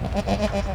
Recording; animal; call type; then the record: contact call of a hoofed animal; goat; low-frequency (closed-mouth) or high-frequency (open-mouth) call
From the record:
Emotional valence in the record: negative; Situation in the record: short social isolation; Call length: 0.75 s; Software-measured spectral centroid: 1940 Hz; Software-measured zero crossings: 1060 a second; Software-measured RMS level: -24 dBFS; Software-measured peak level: -10 dBFS